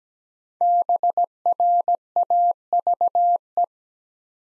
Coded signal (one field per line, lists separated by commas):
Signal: Morse code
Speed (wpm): 17 wpm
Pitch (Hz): 700 Hz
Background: none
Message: BRAVE